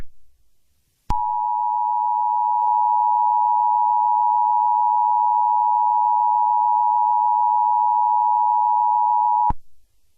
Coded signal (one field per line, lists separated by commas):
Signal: Emergency Alert System (SAME) tones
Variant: 853 and 960 Hz attention tone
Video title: EAS Scenario #8: The CSX Hijacking